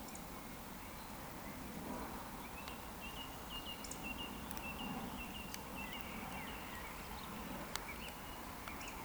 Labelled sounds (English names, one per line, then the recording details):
Eurasian Woodcock whistle
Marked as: whistle, whistle, whistle
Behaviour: display flight
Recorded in Baden-Württemberg, Germany, on 14 June 2020 at 19:36 UTC
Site 14569, 102 m above sea level